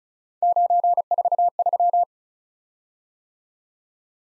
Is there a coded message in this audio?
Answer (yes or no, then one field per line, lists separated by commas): yes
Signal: Morse code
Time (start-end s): 0.4-2.0 s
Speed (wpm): 36 wpm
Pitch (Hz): 700 Hz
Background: none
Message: 943